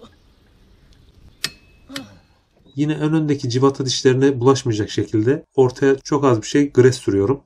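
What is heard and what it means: A click-type torque wrench tightens the steel clutch center nut on a Yamaha Xmax 250-300 scooter to 85 Nm, giving a sharp click at 1.4 s, with a fainter tick before it and a second short snap around 2.0 s. Someone then talks from about 2.8 s to the end.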